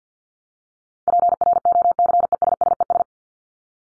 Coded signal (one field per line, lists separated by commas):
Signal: Morse code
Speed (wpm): 50 wpm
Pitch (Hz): 700 Hz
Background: none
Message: PROCESSES